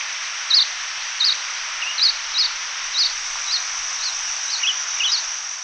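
Lemon-bellied white-eye calls, thin high chirps at irregular intervals with a few lower slurred notes, over constant hissing background.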